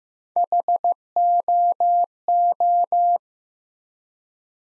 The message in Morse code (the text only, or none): HOO